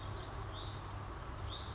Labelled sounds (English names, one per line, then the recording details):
Hutton's Vireo
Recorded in Sonoma County, California